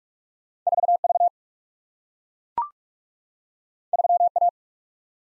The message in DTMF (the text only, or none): none